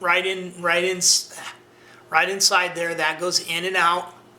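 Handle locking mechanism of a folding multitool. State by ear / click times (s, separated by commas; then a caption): not seated / none. Someone talks while handling the handle locking mechanism of a Spyderco Byrd Wrench folding multitool that is opened into a full-size handle. Only speech is heard, with no distinct click. The clip ends before the lock engages, so nothing has seated or clicked yet.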